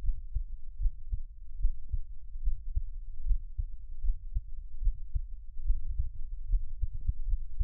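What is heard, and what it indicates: Steady, soft low thumps at about 72 a minute: an adult's own heartbeat heard close up, with no talking.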